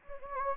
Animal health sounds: mosquito wingbeat signal from an infrared sensor; Anopheles gambiae

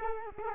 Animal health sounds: mosquito wingbeat signal from an infrared sensor; Culex quinquefasciatus

